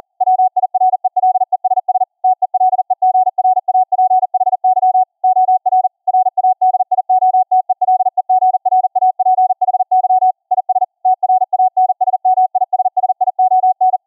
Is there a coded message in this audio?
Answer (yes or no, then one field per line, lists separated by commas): yes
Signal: Morse code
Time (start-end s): 0.2-14.0 s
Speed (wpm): 40 wpm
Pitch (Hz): 740 Hz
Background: none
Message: WIRELESS TELEGRAPHY OR RADIOTELEGRAPHY IS TRANSMISSION